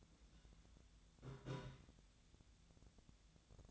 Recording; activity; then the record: daily activity, microphone in the room; take from stove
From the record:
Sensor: 3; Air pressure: 1010.0 hPa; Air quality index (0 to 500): 185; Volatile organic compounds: 13 ppm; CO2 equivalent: 2418 ppm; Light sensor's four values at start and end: 43/106/46/49 and 43/106/46/49